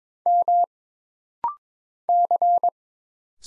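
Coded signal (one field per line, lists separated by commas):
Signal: Morse code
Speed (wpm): 22 wpm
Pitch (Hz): 700 Hz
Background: none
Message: M C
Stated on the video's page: Rapid-fire single character Morse drill at 22 wpm: letters, numbers, punctuation and prosigns, each sent, then spoken, then sent again.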